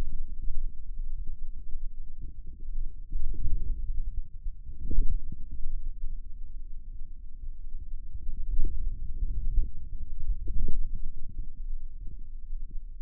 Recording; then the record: forearm muscle sounds (acoustic myography)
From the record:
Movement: inward rotation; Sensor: system 2, bracelet of six BSWA MPA416 microphones around the upper forearm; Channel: 4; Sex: male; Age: 22 years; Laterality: right